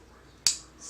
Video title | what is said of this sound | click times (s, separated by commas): Old School Cool EDC setup | And hear that snap of that lockback, that just says, Grandpa Cool all over it. | 0.5 s